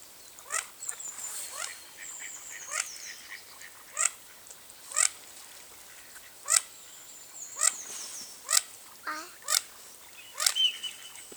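Mandarin duck uttering a steady series of rising whistled notes roughly every second, mixed with high thin squeals and a brief lower chatter near the end.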